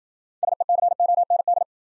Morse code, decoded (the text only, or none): SECOND